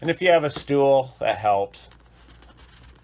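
A plastic lens cover is being handled at a motorhome's ceiling puck light housing after an LED bulb swap, about to be pushed back up into the fixture. Someone talks for the first 1.7 seconds, then only faint, quiet handling noise follows. Nothing has seated or clicked yet.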